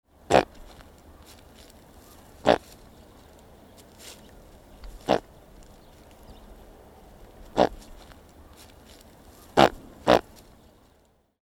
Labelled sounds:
Great Bustard (Otis tarda)
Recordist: Tembrock, Günter
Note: Stoßlaute eines Hahnes

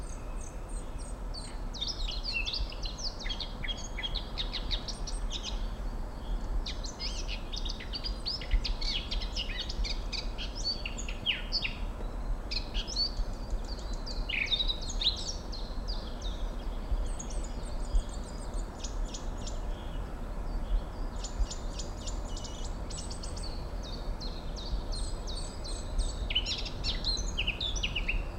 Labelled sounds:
Eurasian Blackcap (Sylvia atricapilla) song
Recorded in the wild
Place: Mirnock, Nockberge, Kärnten, AT
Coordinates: 46.758, 13.7144
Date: 1969-04-18
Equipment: Uher 4000
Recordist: Brunner, Thomas

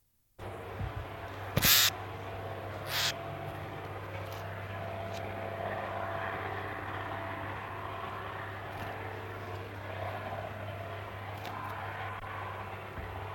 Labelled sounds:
Common Redstart (Phoenicurus phoenicurus) call
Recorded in the wild
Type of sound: call
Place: Bergen, Insel Rügen, Mecklenburg-Vorpommern, DE
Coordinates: 54.4135, 13.432
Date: 1970-09-19
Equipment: Nagra III BH, Sennheiser MD 21, parabola
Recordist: Schubert, Michael
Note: Gartenstr. 21 : Gartenrotschwanz, Rufe eines Fänglings

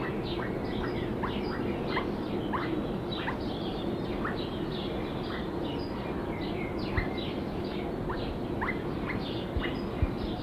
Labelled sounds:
Hazel Grouse (Tetrastes bonasia) call
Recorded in captivity
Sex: pair
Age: adult
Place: Alpenzoo Innsbruck, Tirol, AT
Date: 1983-06-26
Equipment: Halbspur, 9,5 cm/s
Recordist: Lütgens, Hans

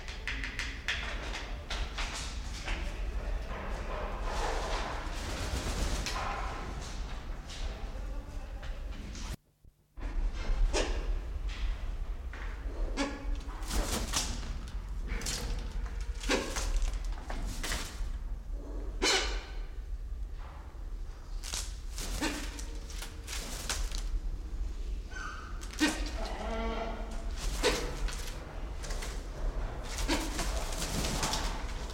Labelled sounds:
Channel-billed Toucan (Ramphastos vitellinus)
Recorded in captivity
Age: adult
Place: Zoo Berlin, Berlin, DE
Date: 1993-01-01
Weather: sonnig, -5°C
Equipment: Marantz CP 430, Sennheiser ME 80, Kopie Uher Variocord 263
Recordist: Tembrock, Günter

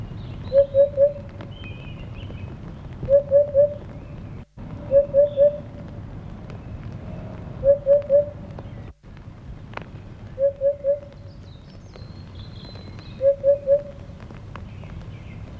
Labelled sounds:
Eurasian Hoopoe (Upupa epops) song
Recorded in the wild
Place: Villach, Kärnten, AT
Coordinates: 46.5921, 13.8245
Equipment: Uher 4100 Report-V
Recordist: Brunner, Thomas
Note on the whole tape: Wiedehopf, Gesang. Villache, in den Oberdörfern. Am 08. und 09. Mai 1971

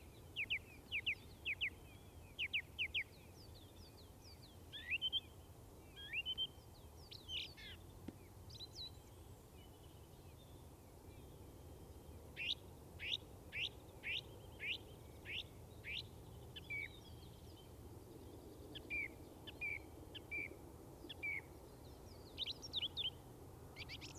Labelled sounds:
Song Thrush (Turdus philomelos) song
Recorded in the wild
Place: Garmisch-Partenkirchen, Bayern, DE
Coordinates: 47.5022, 11.0817
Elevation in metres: 847
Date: 1969-04-10
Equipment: Original Vollspur
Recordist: Tretzel, Erwin

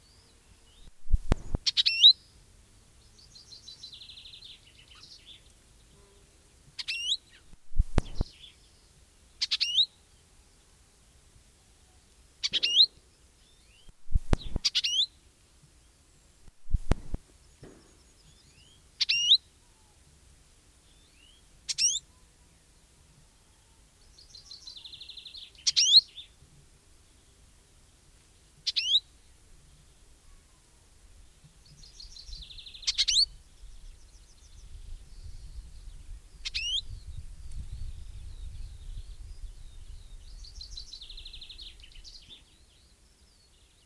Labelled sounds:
Icterine Warbler (Hippolais icterina)
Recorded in the wild
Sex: pair
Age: adult
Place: Kleinsendelbach, Bayern, DE
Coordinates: 49.5947, 11.1572
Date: 1964-06-20
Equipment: Nagra, Original, Vollspur
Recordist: Tretzel, Erwin

